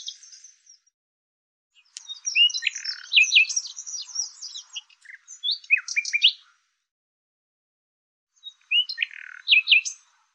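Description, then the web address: Bird song: bursts of fast, squeaky, tumbling chirps and warbles separated by pauses, all high-pitched. "cianscape birddata Deverinetal 2025 Bird Lu Me Lu Me"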